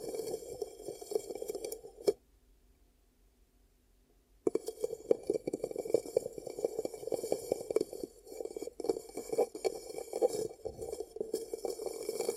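Ear cupping sounds, muffled dense rustling and soft crackles around hands, stop briefly near two seconds, then resume at four seconds and continue steadily.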